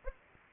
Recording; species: mosquito wingbeat signal from an infrared sensor; Anopheles arabiensis